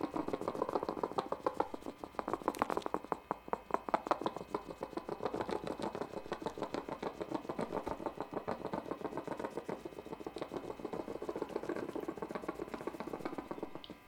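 Hedgehog: a dense, quick patter of soft clicks running without pause, swelling and easing slightly throughout.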